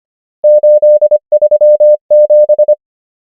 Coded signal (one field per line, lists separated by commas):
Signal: Morse code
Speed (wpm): 25 wpm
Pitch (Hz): 600 Hz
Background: none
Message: 8 3 7